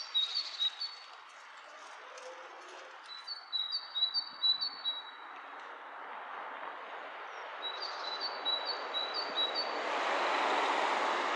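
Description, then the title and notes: Bird chirps in short high runs, partly masked by rushing background noise that swells toward the end. Two birds interacting, lo-fi recording. "bird dialogs. lo-fi recording of two birds interacting"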